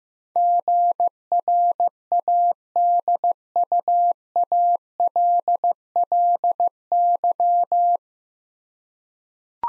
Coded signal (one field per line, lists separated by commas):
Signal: Morse code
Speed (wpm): 15 wpm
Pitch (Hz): 700 Hz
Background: none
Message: GRADUALLY